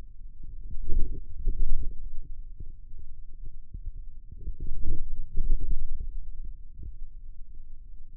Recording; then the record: forearm muscle sounds (acoustic myography)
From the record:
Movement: radial deviation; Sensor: system 2, bracelet of six BSWA MPA416 microphones around the upper forearm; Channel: 6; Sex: male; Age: 22 years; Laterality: right